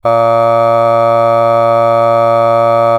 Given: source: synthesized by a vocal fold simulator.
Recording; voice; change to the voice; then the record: sustained vowel; male; aspiration noise (breathiness), level 4 of 10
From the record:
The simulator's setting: 0.52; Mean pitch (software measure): 115 Hz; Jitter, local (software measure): 0.28%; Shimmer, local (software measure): 2.0%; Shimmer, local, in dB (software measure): 0.17 dB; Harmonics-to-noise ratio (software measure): 26.6 dB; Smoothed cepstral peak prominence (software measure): 20.8 dB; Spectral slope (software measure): -17.2 dB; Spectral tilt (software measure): -9.2 dB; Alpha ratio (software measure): -7.7 dB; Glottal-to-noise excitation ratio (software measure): 0.990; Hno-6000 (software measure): 2.3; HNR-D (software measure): 24.6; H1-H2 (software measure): 4.9 dB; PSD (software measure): 2.4e-05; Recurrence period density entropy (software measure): 0.109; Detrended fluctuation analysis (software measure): 0.0544